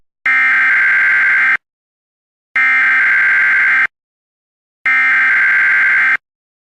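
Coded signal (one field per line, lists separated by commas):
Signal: Emergency Alert System (SAME) tones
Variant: header bursts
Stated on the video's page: Recreated tornado warning alert, rebuilt because the original announcement sound file could not be found.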